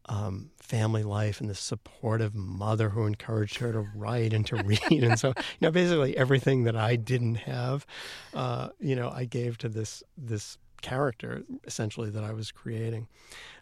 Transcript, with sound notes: family life and the supportive mother who encouraged her to...
(Laughter).
...Write and to read. And so, you know, basically everything that I didn't have, you know, I gave to this character, essentially, that I was creating.